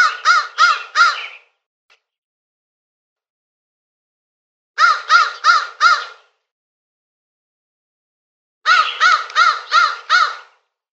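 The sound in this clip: Crow cawing in three bursts of four to six harsh, evenly spaced caws, separated by silent gaps of a few seconds.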